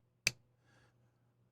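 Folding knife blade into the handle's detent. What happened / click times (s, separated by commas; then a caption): A small metal part snapped crisply into its detent / 0.3 s. A Gecko Custom Knifeworks Sikorae folding knife with a Magnacut blade is closed, and the detent ball drops into place with a single sharp, bright click at 0.3 s. The detent is seated with no lash, and a faint, soft rustle follows around 0.6–0.9 s.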